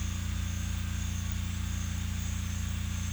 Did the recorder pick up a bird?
no